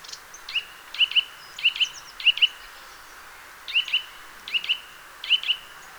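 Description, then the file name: Eurasian nuthatch repeating sharp, high, emphatic notes mostly in pairs, about every half second, with a gap midway; quiet hiss behind. "Sitta europaea"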